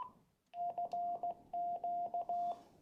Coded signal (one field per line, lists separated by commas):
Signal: Morse code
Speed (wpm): 16 wpm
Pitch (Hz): 700 Hz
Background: radio noise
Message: FQ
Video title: QUANSHENG IJV v2.9 CQ CQ CW TX